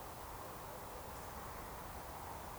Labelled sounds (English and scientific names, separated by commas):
Eurasian Woodcock (Scolopax rusticola) whistle